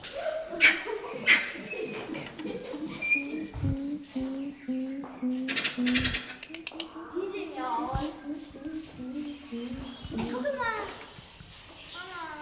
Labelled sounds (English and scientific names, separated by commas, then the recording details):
Grey-winged Trumpeter (Psophia crepitans) call
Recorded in captivity
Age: adult
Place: Zoo Berlin, Berlin, DE
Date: 1997-10-25 11:02
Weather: cloudy, 3°C
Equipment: Nagra SN, Kopie Uher 4000 Report Monitor
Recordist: Tembrock, Günter